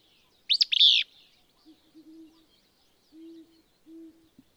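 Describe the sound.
Willow Flycatcher song: one sharp, buzzy phrase of quick downslurred notes ending in a burry slur, then several low, steady hooting tones from another animal.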